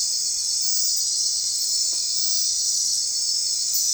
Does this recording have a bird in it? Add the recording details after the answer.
no. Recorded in secondary vegetation near Puerto Asís, Putumayo, Colombia, on 25 June 2025 at 22:30. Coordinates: 0.499, -76.323. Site G077